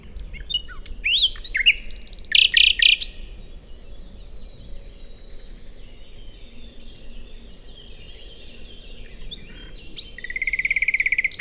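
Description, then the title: Common nightingale song: varied rich phrases and loud churring bursts, a long quiet gap with faint song, then a rapid rattling trill at the end. First nightingale songs of the year: a solo daytime singer on a wide drivable track in planted Forêt de Chautagne near roads, Serrières-en-Chautagne, France; Dodotronic stereo parabola. "Forêt de Chautagne - Serrières-en-Chautagne, France - Premiers rossignols de l'an"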